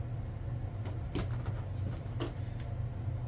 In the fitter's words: forgot their torsos pop off too